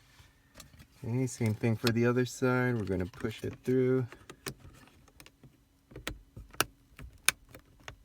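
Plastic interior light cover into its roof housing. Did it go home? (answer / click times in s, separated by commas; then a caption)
yes / 7.3 s. Someone talks while pushing the other side of a plastic interior light cover into its roof housing on a 2019 Toyota Corolla Hatchback. Several small clicks and taps follow the speech. The cover snaps in with a sharp click at 7.3 seconds and is seated.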